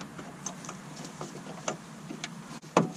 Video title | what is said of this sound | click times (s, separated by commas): 2016 Dodge Charger Headlight bulb and socket replacement! | You will feel it lock once it is locked into place. | 2.8 s